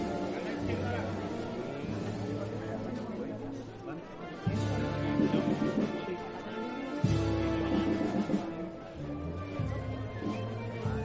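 Sounds of the María Santísima de Salud y Esperanza procession passing through the San Benito neighbourhood. Low, held notes sound in steady blocks and grow louder at about 4.5 and 7 seconds, over a continuous murmur of voices.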